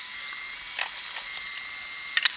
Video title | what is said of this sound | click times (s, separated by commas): Vente de mon Traxxas TRX-4 M neuf Vidéo du jour 13.05.2026 | Et l'habitacle se clipse comme ça. Mais c'est la galère. | 2.2 s, 2.3 s